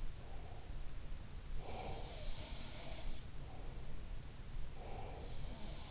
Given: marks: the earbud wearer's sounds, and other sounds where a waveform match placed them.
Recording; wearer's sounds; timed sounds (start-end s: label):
sounds in sleep by an in-ear microphone; breath
0.00-0.87 s: breath
1.56-2.23 s: breath
2.32-3.68 s: sound from someone else or the room
4.61-5.51 s: breath
4.84-5.91 s: sound from someone else or the room